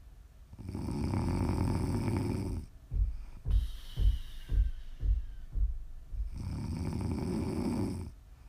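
Loud rumbling snore on two long in-breaths, with a train of low fluttering snorts on the out-breath between them, from a sleeping adult.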